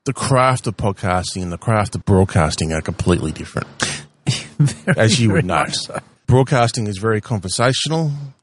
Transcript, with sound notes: The craft of podcasting and the craft of broadcasting are completely different.
[Laughs] Very much so.
As you would know. Broadcasting is very conversational.